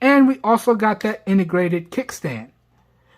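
Someone talks while holding the integrated kickstand of a rugged plastic Poetic Revolution series case for the Samsung Galaxy A54 5G, about to slide it down to its open position. The speech ends around 2.5 seconds, followed by near silence with a faint low hum. Nothing has seated or clicked yet.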